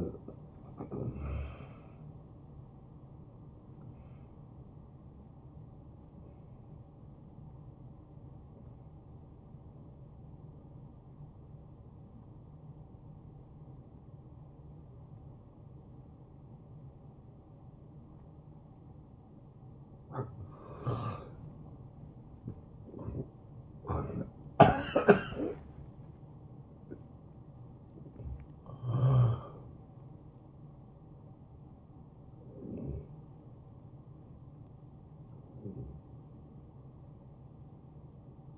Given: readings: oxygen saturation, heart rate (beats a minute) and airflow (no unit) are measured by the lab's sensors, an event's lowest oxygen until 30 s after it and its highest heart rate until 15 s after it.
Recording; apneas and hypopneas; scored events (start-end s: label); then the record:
a person awake in a sleep study, by a smartphone at the bedside; 1
0.00-30.00 s: awake
12.00-25.40 s: hypopnea (scored as awake, oxygen 89% highest, then 89% lowest, heart rate 74 at the start, 82 highest)
25.00-38.58 s: new sleep stage, N1 (lightest sleep)
From the record:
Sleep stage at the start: awake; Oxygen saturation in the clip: 85 to 94%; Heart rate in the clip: 66 to 82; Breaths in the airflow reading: 8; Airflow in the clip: -11.1 to 6.4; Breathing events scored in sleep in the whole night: 263 in 5.5 hours asleep